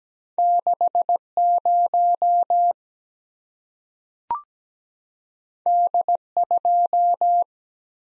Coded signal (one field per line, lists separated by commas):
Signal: Morse code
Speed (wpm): 17 wpm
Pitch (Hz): 700 Hz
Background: none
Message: 6 0 D 2